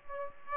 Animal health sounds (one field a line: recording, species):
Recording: mosquito wingbeat signal from an infrared sensor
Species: Aedes aegypti